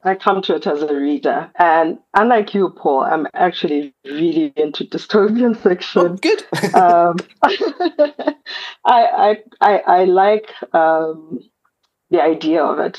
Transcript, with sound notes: I come to it as a reader, and unlike you, Paul, I’m actually really into dystopian section.
Oh, good! [laughs]
I like the idea of it.